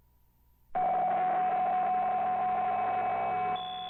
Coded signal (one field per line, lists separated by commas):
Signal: PSK63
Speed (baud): 62.5 baud